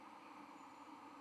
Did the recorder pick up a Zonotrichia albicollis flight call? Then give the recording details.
no. No flight call is heard. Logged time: 04:55 on 13 November 2014